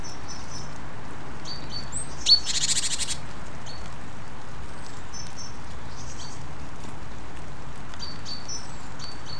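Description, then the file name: Great tit calls: scattered high, thin paired notes, plus one short buzzy rattling burst early on, over constant background hiss. "Parus major"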